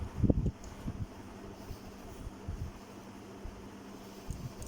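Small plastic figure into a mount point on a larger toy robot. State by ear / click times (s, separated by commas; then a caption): not seated / none. A small plastic partner figure is pressed onto a mount point on a larger plastic transforming robot toy, a Titans Return Broadside Voyager-class. Brief plastic handling knocks sound near the start and again near the end over a steady low hum. The figure does not lock into the mount, even though it is supposed to; nothing has seated or clicked yet.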